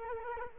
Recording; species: mosquito wingbeat signal from an infrared sensor; Culex quinquefasciatus